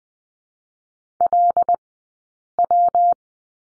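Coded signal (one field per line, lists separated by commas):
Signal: Morse code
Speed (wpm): 20 wpm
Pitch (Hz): 700 Hz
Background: none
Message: LW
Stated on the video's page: Morse code course lesson on the number 3, two-character groups, Farnsworth speed 20/10 wpm.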